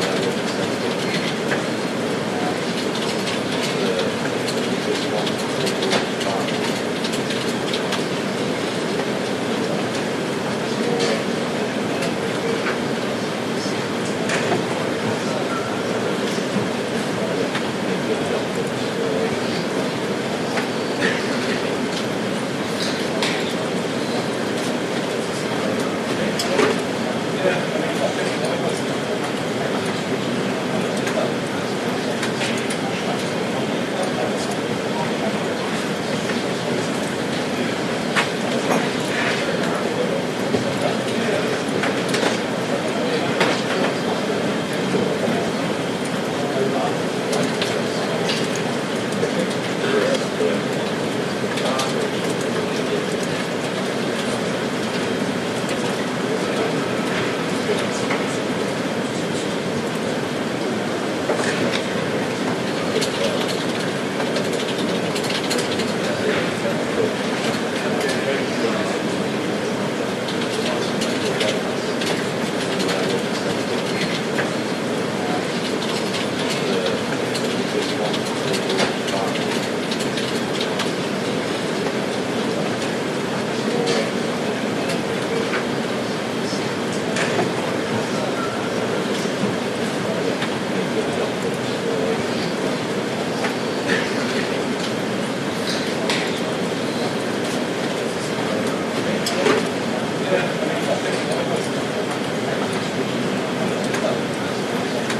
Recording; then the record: background sound without coughing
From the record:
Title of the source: Office Sounds Ambience - Background Noise for Study and Work